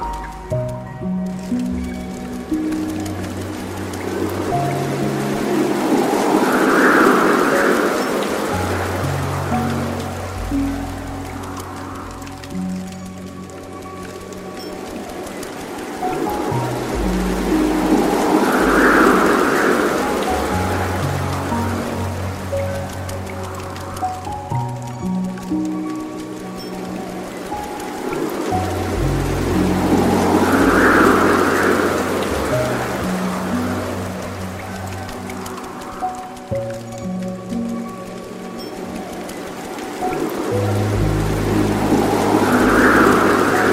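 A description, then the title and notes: Soft piano chords move slowly over the steady rush of a gentle water stream. The piano plays low sustained notes and chords that change every few seconds, with a brighter swell recurring about every twelve seconds, while the flowing water hisses evenly throughout. A dreamy mix of relaxing piano music and the gentle sounds of a soft water stream. The calming sounds of a waterfall.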